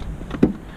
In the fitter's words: this and push forth and the seat locks into place all right you see the seat lock in a place